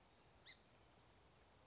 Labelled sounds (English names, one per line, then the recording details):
Song Sparrow
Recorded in Sonoma County, California